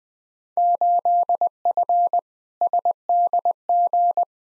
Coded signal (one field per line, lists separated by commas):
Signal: Morse code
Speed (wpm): 20 wpm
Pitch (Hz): 700 Hz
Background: none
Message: 8F SDG